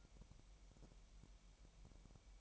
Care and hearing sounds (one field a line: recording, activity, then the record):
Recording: daily activity, microphone in the room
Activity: take from stove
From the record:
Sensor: 1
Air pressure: 1002.0 hPa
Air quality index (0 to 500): 247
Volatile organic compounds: 52 ppm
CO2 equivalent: 3318 ppm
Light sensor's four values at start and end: 6/13/5/6 and 6/13/5/6